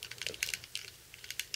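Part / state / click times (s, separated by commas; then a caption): folding plastic panel on a transforming toy robot, against its body / not seated / none. A folding plastic panel on a transforming toy robot is folded flat against the robot's body and pressed, producing a quick series of light, sharp plastic ticks and taps. The panel does not lock into place, and nothing has seated or clicked yet.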